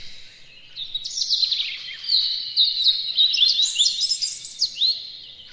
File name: robin chirping